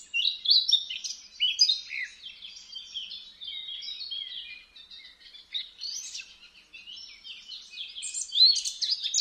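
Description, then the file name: Eurasian blackcap giving a steady, subdued warble of squeaky, twittering notes, growing louder again toward the end. "Sylvia atricapilla"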